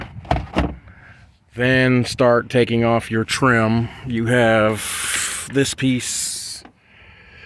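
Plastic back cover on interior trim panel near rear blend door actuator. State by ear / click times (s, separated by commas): released / 0.3 s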